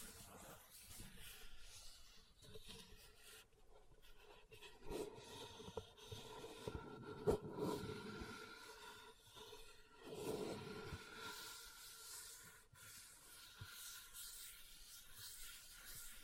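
Leather being scratched and rubbed, a dry rustling texture that swells and fades, with stronger bursts around five to eight seconds and again near ten seconds. A few sharp taps stand out, notably near seven and twelve seconds, over a soft continuous hiss.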